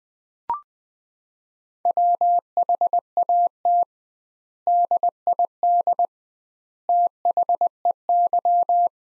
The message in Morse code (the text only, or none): WHAT DID THEY